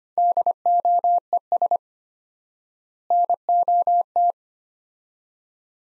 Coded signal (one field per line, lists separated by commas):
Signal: Morse code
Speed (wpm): 25 wpm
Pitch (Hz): 700 Hz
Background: none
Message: DOES NOT